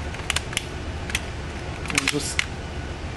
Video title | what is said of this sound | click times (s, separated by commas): Closing up the AS-7301 / MT-6501 / WD6050 | so I'm just going to snap it in and | 0.3 s, 0.6 s, 2.0 s